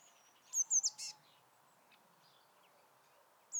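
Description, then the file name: Eurasian blue tit calling: two or three very high thin notes quickly followed by a short harsh buzzy churr, with another high note starting at the end; quiet background. "Cyanistes caeruleus"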